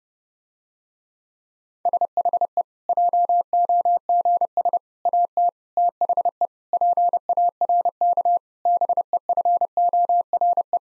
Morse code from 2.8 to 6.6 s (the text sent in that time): JOGS AT THE